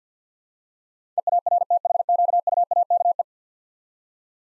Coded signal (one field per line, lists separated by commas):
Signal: Morse code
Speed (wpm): 50 wpm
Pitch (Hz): 700 Hz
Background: none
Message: EARTHQUAKE